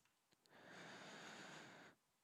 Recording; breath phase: one breath near a microphone; inhalation